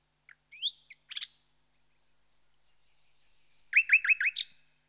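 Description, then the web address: Common nightingale song: a few scratchy notes, then a long series of pure high whistles on one pitch, ending in rapid looping slurred notes; no other sounds. "BBC Sound Effects Library. Nightingale"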